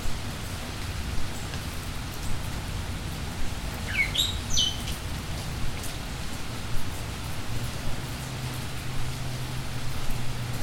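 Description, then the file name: Bird chirps: a few quick, sharp notes, some rising and some falling, near the middle, under steady rain patter throughout. "Bird in Rain-Mike Koenig"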